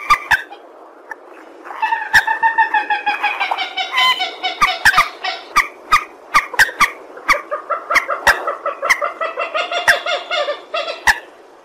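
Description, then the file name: Purple swamphen calls: a long series of rapid, nasal, rattling notes that swell and carry on steadily, punctuated by sharp clicks. "tieng trich re keu"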